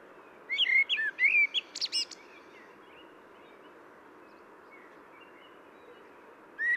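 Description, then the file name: Common blackbird song: a short phrase of mellow fluted whistles followed by a squeaky high twitter, then silence and one brief whistled note at the end, over steady low hiss. "Turdus merula"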